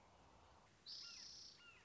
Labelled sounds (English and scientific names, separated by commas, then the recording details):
Red-shouldered Hawk (Buteo lineatus)
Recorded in Sonoma County, California